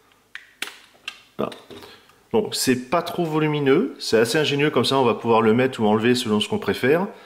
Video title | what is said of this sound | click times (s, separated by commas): Review FR - Transformers - FansToys FT-03 Quakewave | lui met ainsi dans le dos et comme ça ça va se clipser directement dessus dans son back pack | 0.4 s, 0.6 s